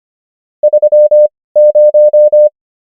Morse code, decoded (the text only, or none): 30